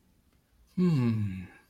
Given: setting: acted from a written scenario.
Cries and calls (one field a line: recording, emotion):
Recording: vocal sound without words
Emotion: contentment